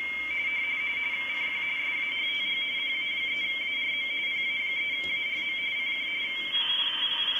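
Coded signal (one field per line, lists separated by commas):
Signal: RTTY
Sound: two warbling two-tone teleprinter signals chattering rapidly, one stopping near the end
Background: radio static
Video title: Decoding RTTY on the Icom IC 7100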